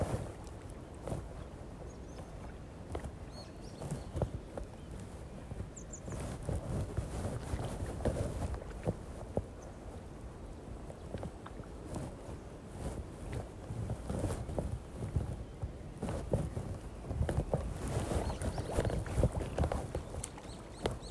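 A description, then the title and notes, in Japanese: Rice seedlings are planted by hand in a flooded nursery bed, with continuous squelching, sloshing and soft thuds in the muddy water. The sounds come irregularly but steadily, low and dense throughout, with occasional sharper splashes and faint outdoor sounds behind. 田植え。水苗代で苗を束にしたものを手に取り、 １本ずつ手植えでイネ苗たちを植えていきます。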